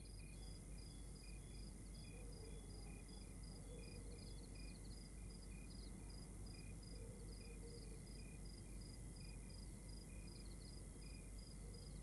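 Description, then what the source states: Several crickets give rapid, repeated high chirps over a steady whining tone, with faint brief mid-pitched sounds and a low rumbling hum underneath. Outdoor night ambience in Rwanda.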